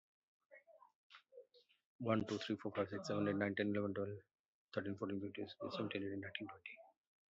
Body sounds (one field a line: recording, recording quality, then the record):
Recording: counting at a fast pace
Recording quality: excellent, no background noise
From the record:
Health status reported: COVID-19 positive, mild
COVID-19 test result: positive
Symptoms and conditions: fever, loss of smell and taste, diabetes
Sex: male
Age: 47 years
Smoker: not ticked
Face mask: not worn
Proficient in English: yes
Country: India